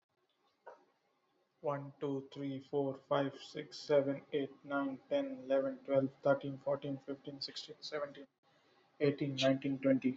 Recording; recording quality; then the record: counting at a normal pace; excellent, no background noise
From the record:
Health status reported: recovered from COVID-19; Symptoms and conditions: fever, muscle pain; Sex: male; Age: 28 years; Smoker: not ticked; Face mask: worn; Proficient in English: yes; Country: India